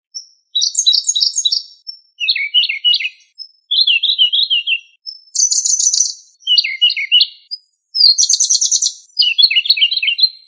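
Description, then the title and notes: Bird song in short bursts of rapid, high twittering and trilled phrases, each about a second long and varied in pitch, separated by brief pauses. Indonesia. "Kicau Burung Indonesia"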